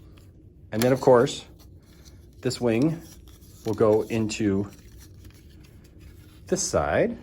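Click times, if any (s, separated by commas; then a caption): none. A plastic wing piece for a DC Multiverse Hellbat Suit action figure is lined up against the side socket on the figure's back, ready to be pushed in. Someone talks in short bursts over faint scraping and handling sounds, with small ticks around 0.2, 2.3, 5.3 and 5.9 seconds. Nothing has seated or clicked yet.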